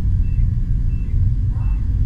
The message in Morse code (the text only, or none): none